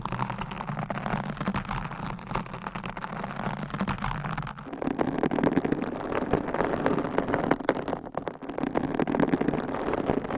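Nails scratch and rub against a mic cover in a dense, steady rustle with a soft low rumble underneath. Just before the five-second mark the texture changes to a louder, coarser scraping with quick crackly strokes that continue to the end.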